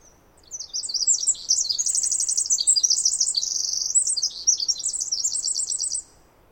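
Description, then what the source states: Pacific wren song, a long, very loud tumbling cascade of high trills and buzzy notes lasting about five seconds, with quiet background hiss. Wild bird singing in trees above the microphone, then flying down closer, very loud; Snider Jackson/Rugged Ridge trail, May 11-13, 2018, morning after dawn chorus; unmastered recording.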